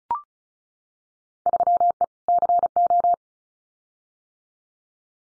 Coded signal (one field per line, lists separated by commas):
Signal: Morse code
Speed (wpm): 36 wpm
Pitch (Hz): 700 Hz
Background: none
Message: 3E CO